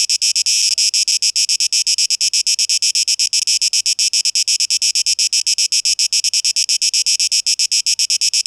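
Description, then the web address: Cicada song, an intense high-pitched pulsing buzz with a quick, even beat, briefly unbroken near the start. Tape echo mix, 12 August 2023. "rauschpartikel 2023-08-12 Zikaden"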